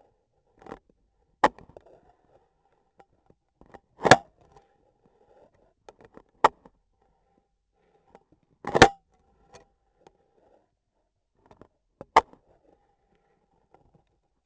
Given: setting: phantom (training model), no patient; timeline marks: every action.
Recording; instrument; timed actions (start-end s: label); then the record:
laparoscopic instrument, vibration sensor on the handle end; scissors
1.34-2.20 s: scissors opening
3.89-4.34 s: cutting foam
6.30-6.90 s: scissors opening
8.58-9.06 s: cutting foam
11.87-13.00 s: scissors opening
From the record:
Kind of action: gesture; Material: foam